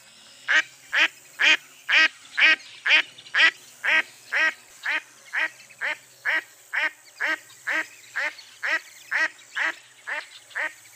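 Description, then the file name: Duck quacking steadily and regularly, about two loud nasal quacks per second throughout, fading slightly in strength over the series. "zvuki glazchatoi kriakvy"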